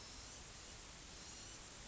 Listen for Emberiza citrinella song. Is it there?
no